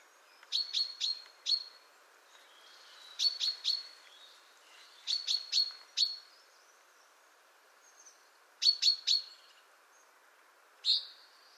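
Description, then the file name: Chaffinch calls: short, sharp high chips given in quick clusters of three or four, with occasional single chips, repeated throughout over a quiet background hiss. "Fringilla coelebs"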